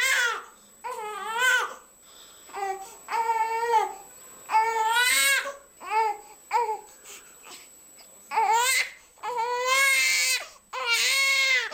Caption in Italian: Un pianto caratteristico, tipico proprio del bambino dei primi mesi di vita. Inizialmente è di bassa intensità e diventa più forte, sempre più ritmico.